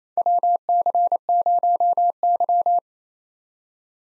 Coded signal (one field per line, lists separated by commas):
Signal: Morse code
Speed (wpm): 29 wpm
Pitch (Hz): 700 Hz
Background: none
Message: WC0Y